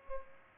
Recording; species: mosquito wingbeat signal from an infrared sensor; Aedes aegypti